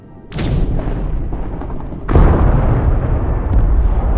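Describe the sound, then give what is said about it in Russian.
Two heavy explosions, the first bursting in at about a third of a second and the second around two seconds, each followed by a loud, sustained low rumble that doesn't fade. “Серое небо озарилось малиновой вспышкой, а в спину ударило волной горячего воздуха. «Так вот, что это за грохот!”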